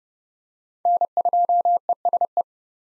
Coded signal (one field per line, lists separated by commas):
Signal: Morse code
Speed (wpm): 30 wpm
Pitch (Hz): 700 Hz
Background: none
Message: N2ESE